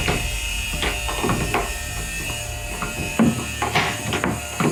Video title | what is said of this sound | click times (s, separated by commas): How to install a kitchen door hinge | you hear that click | 4.2 s